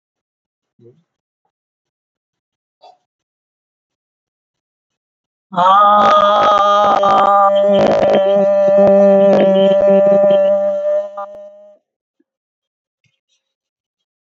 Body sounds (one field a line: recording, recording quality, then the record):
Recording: sustained vowel as in made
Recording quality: excellent, no background noise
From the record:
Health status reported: COVID-19 positive, mild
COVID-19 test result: positive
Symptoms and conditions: cough, breathing difficulty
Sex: female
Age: 60 years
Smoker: not ticked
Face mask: not worn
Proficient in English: yes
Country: India